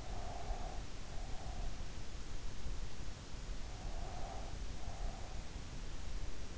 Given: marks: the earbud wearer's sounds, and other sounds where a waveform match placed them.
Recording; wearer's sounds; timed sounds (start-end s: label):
sounds in sleep by an in-ear microphone; breath
0.00-1.69 s: breath
3.69-5.45 s: breath